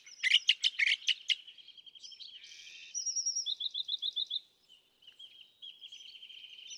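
California thrasher song opening with loud rapid chips, then rolling trills and buzzy whistles that fade before a final softer trill.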